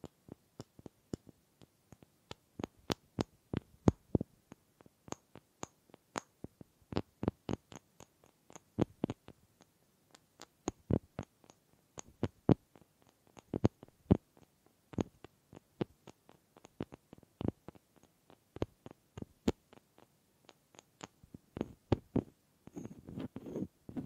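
Wood triggers: sharp, dry knocks and taps on wood, irregular and frequent, with a soft rustling scrape near the end.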